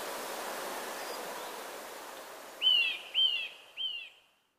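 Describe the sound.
Eurasian nuthatch delivering three sharp, whistled, downslurred notes in quick succession after a stretch of broad rushing hiss.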